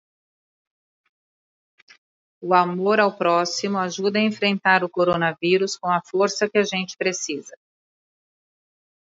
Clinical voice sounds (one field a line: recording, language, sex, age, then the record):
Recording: spoken sentence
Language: Brazilian Portuguese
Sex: female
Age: 50 to 59 years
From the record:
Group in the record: control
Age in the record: 57 years